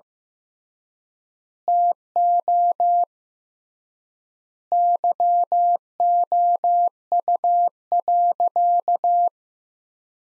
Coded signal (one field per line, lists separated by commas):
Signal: Morse code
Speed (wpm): 15 wpm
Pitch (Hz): 700 Hz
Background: none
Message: TO YOU.